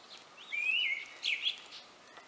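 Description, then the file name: Grey-winged blackbird song: one drawn-out whistled phrase, then a quick warbled flourish at its end. "Grey-winged blackbird Alok"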